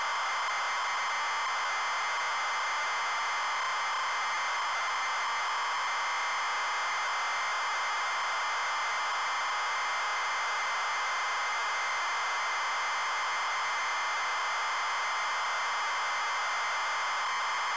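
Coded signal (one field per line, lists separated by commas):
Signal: ZX Spectrum tape loading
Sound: continuous harsh buzzing data screech, steady throughout, no pauses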